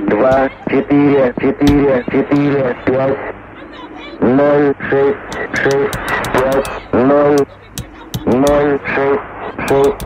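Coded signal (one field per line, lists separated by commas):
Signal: numbers station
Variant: Russian language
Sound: a voice steadily reading single numbers in a repeating five-digit group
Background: radio static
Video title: STFU I'm listening to Russian number stations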